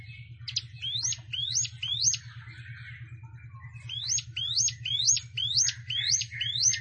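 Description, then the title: Plain prinia singing bursts of rising, buzzy chirps: a short run of notes, a gap, then a longer run, with a constant low droning hum behind. "Ciblek Sawah"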